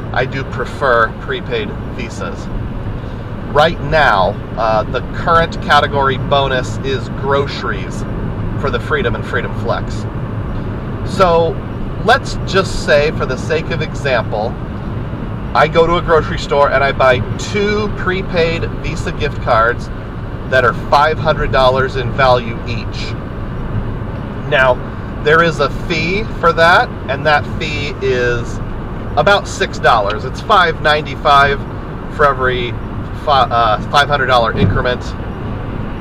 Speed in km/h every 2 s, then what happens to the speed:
108, 108, 108, 106, 106, 108, 108, 108, 108, 108, 105, 106, 106, 106, 103, 103, 105, 103.
0-36 steady at about 106.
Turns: none.